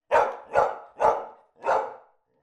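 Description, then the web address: Labrador Retriever barks four times, deep full barks about half a second apart, with nothing else heard. Labrador barking indoors. "cane labrador abbaio interno"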